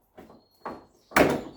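A stiff plastic clip holding the pollen filter cover in the dashboard trim of a VW Golf 1.6 FSi (MK5) is forced to remove the cover during a service with simple hand tools. Two softer knocks near 0.2 s and 0.65 s lead up to a loud, sharp snap at 1.2 s as one side of the clip pops free and releases.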